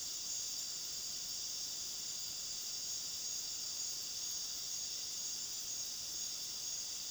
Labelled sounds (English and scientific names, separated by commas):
none